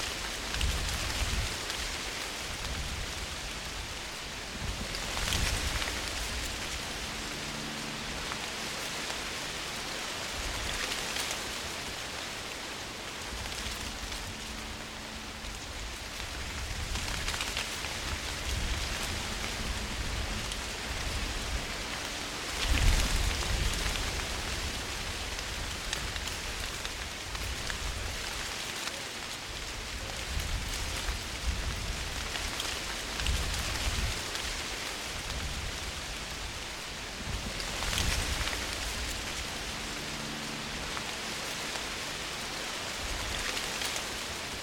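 Rain falls steadily with a dense, hissing patter, while wind rises and falls in low rumbling gusts that swell around 5, 15, 23 and 38 seconds. The sound stays full throughout, with a deep undertone beneath the bright wash of drops.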